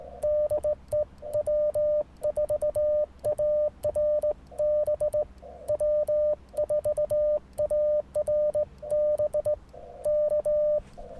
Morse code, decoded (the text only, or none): DE W4ARB W4ARB K